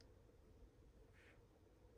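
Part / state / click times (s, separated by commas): cartridge into the neck of a craft product / not seated / none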